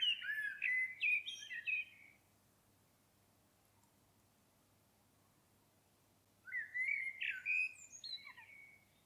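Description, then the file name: Common blackbird singing two mellow, fluty phrases laced with thin, high notes, separated by a few seconds of near silence. "Turdus merula"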